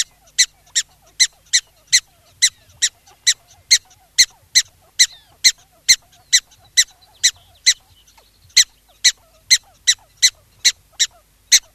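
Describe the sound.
Black-tailed prairie dog barking repeatedly with bright, clipped chirps, just over two a second, and a brief pause about two-thirds of the way through.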